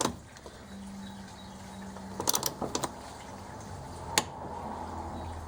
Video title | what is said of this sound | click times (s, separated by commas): How to Change a Rear Shock Absorbers (72 Beetle) | Once you hear the click, you know it's torqued properly. | 4.2 s